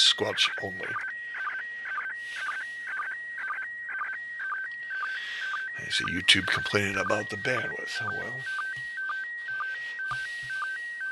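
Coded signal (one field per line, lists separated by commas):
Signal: SSTV (slow-scan television)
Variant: PD 120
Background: speech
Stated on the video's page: Live SSTV reception from an ISS pass.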